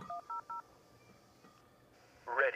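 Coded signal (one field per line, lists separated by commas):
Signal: DTMF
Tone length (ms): 130 ms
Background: speech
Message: 100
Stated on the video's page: DTMF on a 446.150 repeater system.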